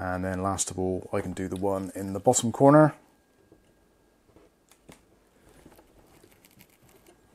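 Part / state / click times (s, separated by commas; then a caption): CPU cooler plastic push pin into motherboard mounting hole / not seated / none. Someone talks while getting ready to fit the last plastic push pin of a stock Intel LGA1700 12th Gen CPU cooler, in the bottom corner, into its motherboard mounting hole. After the talking stops, the pin is handled and pressed with some pressure, heard as quiet scuffs and a few faint taps. Nothing has seated or clicked yet; the clip ends just before the push pin snaps home.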